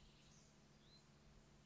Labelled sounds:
Hutton's Vireo (Vireo huttoni)

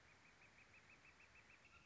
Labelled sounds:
Northern Flicker (Colaptes auratus)

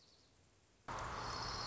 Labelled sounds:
Dark-eyed Junco (Junco hyemalis)

